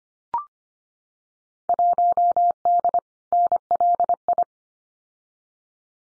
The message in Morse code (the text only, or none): 1D NLI